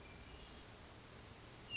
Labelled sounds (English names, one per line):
Hermit Thrush